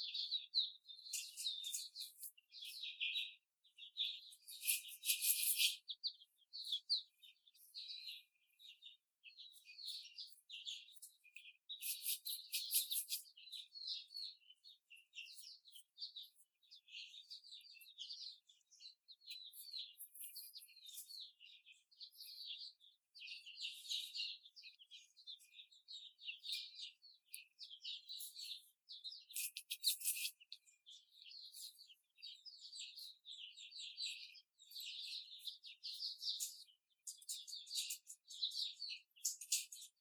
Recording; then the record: young laying hens in a cage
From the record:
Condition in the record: before the stressor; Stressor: simulated dog barking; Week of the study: 4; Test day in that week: 2